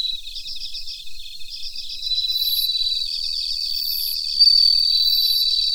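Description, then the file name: Bell cricket song, high pulsed chirps delivered quickly, with a continuous ringing tone and other crickets trilling steadily behind. Recorded together with Mitsukado cricket. "Suzumushi Mitsukado"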